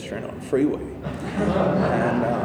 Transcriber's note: laughter